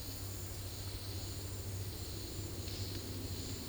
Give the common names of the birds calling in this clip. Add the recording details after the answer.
none. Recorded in secondary vegetation near Puerto Asís, Putumayo, Colombia, on 19 February 2024 at 10:30. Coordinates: 0.481, -76.323. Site G6376